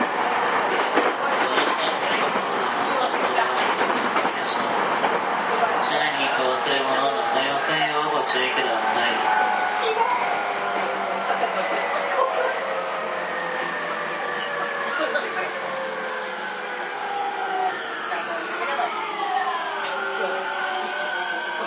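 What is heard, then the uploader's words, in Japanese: A JR E231 series train runs with a steady, dense rumble and clatter throughout, voices mixed in during the first half. From about 12 seconds, whining motor tones stand out in several pitches, gliding and shifting, with some sliding downward near 18 seconds. JRE231系 伊東〜横浜。区間は伊東線→東海道線です。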